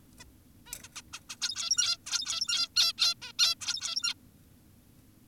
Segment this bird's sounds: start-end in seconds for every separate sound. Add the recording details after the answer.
0.20-0.24, 0.66-0.74, 0.83-0.89, 0.96-1.02, 1.13-1.20, 1.29-1.36, 1.42-1.98, 2.06-2.69, 2.76-2.93, 2.98-3.14, 3.22-3.32, 3.39-3.55, 3.62-4.14. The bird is an adult. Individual g17y2U